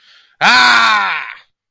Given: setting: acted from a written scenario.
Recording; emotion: vocal sound without words; triumph